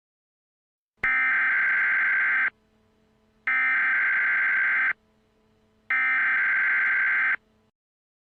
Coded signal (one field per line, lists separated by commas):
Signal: Emergency Alert System (SAME) tones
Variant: header bursts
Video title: Elmo Error II (+ The Frustrated Kitty, MistfulSkye) (EAS Scenario)